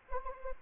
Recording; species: mosquito wingbeat signal from an infrared sensor; Anopheles arabiensis